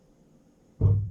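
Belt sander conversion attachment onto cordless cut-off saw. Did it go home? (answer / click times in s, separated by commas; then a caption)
yes / 0.8 s. A custom 3/8 by 13 belt finger sander conversion attachment is pushed forward onto a Milwaukee M12 Fuel cordless cut-off saw body. After a quiet stretch, a short, low, dull click-thunk sounds at 0.8 s as it drops into position. The attachment is seated, a fit you feel more than see.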